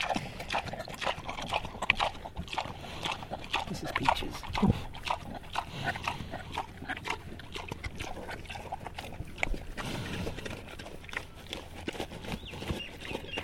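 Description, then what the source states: Landrace pig eating, with steady wet chewing, smacking and crunching clicks throughout, a few louder thumps mixed in. Landrace pig eating peaches; a sequence of feeding sounds.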